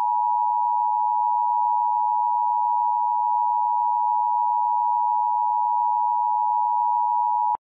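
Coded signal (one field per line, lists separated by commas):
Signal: Emergency Alert System (SAME) tones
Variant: 853 and 960 Hz attention tone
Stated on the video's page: Requested EAS scenario, a simulated alert.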